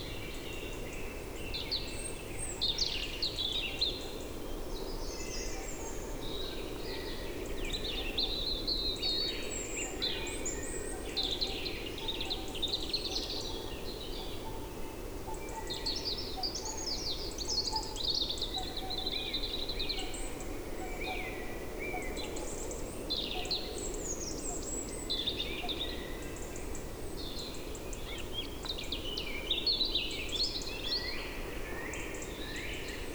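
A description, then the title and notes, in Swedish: A late-April forest where a dense chorus of bright chirping and twittering birds carries on continuously over a steady, low rushing background. Tjäderspelets ljudvärld. Här får du själv höra skogens alla ljud i slutet av april när tjäderspelet är på sin topp. En spelande tjädertupp.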